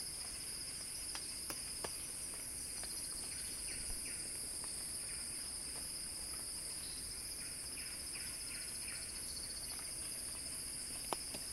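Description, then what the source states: Cicada giving a constant high, ringing buzz, with faint repeated chirp groups and occasional crisp clicks. Cicada song described as a crescendo.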